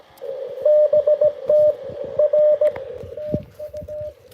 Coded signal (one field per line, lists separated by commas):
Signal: Morse code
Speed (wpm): 17 wpm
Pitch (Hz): 600 Hz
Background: radio noise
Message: BT R TU